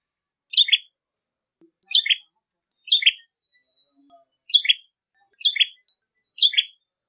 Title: Suara Ciblek Kristal